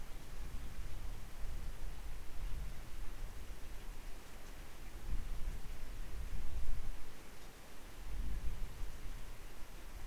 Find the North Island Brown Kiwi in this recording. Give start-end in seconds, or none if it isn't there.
none